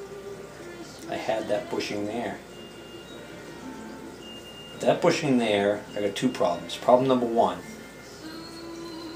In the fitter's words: this doesn't click out to unlock this wheel